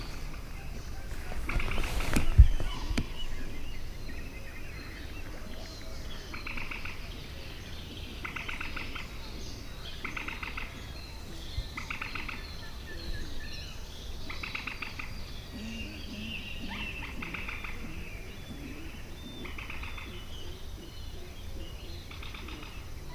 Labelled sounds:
Little Crake (Porzana parva)
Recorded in the wild
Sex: male
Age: adult
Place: Kützerhof, Kummerower See, Mecklenburg-Vorpommern, DE
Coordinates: 53.8653, 12.8761
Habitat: wetland
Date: 2008-05-27 22:00
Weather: wolkig, 11°C, kaum Wind
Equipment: Sound Devices 702, Sennheiser MKH 70, Windkorb
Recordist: Frommolt, Karl-Heinz

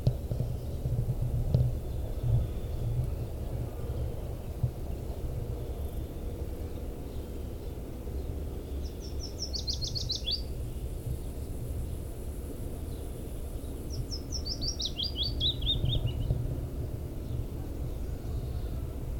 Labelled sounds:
Willow Warbler (Phylloscopus trochilus) song
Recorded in the wild
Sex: male
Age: adult
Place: Tübingen, Baden-Württemberg, DE
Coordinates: 48.5164, 9.04222
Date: 1964-07-20
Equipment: Nagra III PH, Parabolspiegel, LGS26
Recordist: Schneider, Hans-Joachim
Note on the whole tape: Oberhalb des Hauses Biesingerstraße Nr. 8. Aufnahme mit Parabolspiegel: Gesang

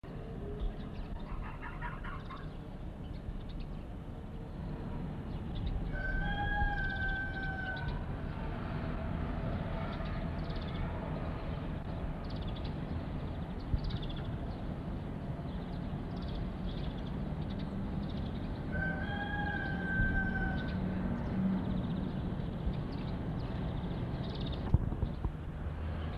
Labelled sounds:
Corsac Fox (Vulpes corsac) barking
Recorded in captivity
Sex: male
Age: adult
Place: Zoologisches Institut der HUB, Berlin, DE
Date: 1966-04-02
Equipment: Telefunken Magnetophon 300, TD 300, Transistorverstärker 1
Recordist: Tembrock, Günter

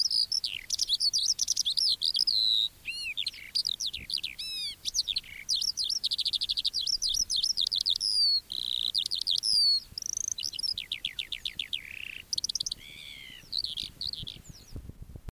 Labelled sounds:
Eurasian Skylark (Alauda arvensis) song
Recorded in the wild
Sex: male
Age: adult
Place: Erlangen, OT Dechsendorf, Bayern, DE
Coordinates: 49.6317, 10.9364
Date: 1964-04-02
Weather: fog (morning)
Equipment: Original, Vollspur, Parabolspiegel Grampian
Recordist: Tretzel, Erwin
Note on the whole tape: Dechsendorf, Ortsrand. Männchen: Gesang, Bodenaufnahme im Morgengrauen

